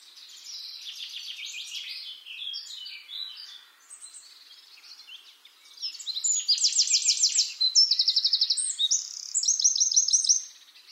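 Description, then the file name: Eurasian wren: soft, rambling high trills at first, then a loud, vigorous run of rapid rattles and sharp whistled notes in the second half. "Troglodytes troglodytes"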